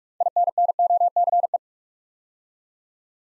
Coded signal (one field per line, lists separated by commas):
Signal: Morse code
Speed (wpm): 44 wpm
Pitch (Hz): 700 Hz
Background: none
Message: INNOCE